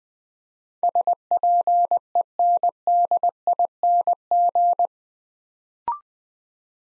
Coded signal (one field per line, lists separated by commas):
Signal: Morse code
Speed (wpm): 21 wpm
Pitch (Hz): 700 Hz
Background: none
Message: SPENDING